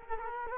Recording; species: mosquito wingbeat signal from an infrared sensor; Culex quinquefasciatus